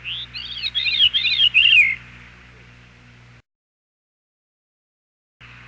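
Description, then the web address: Veery song: a reedy, swirling cascade of rolling notes descending in pitch over about two seconds, followed by quiet and a brief gap. "101 Bird Songs. Veery"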